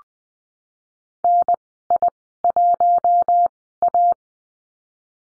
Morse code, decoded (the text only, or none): NI1A